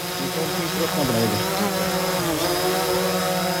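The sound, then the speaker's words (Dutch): A camera drone's steady, high-pitched buzzing whine hums loudly throughout, its dense harmonic tone wavering slightly in pitch as it descends to land in Roermond. “Dat is drone-geluid.”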